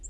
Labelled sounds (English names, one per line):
Townsend's Warbler flight call